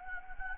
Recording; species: mosquito wingbeat signal from an infrared sensor; Anopheles gambiae